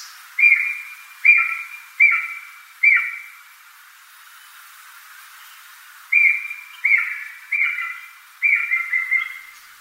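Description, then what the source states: Japanese green woodpecker giving a run of four whistled notes, a few seconds of quiet, then a run of several similar slurred whistles. Mount Takao, Tokyo, Japan.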